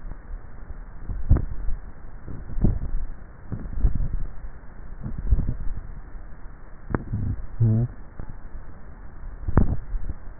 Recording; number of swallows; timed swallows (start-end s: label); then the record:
swallowing sounds by neck microphone; 5
1.15-1.78 s: swallow
2.48-3.12 s: swallow
3.72-4.35 s: swallow
5.18-5.82 s: swallow
9.45-10.22 s: swallow
From the record:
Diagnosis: dysphagia